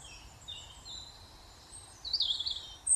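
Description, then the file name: European robin, faint thin high notes followed by a brighter burst of rapid trilled warbling near the end, over steady low hiss. "Erithacus rubecula"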